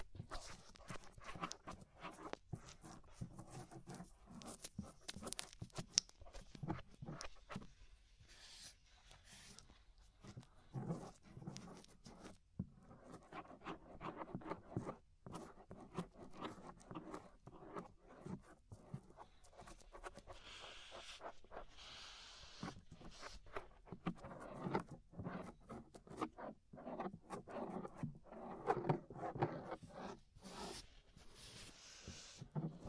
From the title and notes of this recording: Inner and Outer Ear Scraping (No Talking).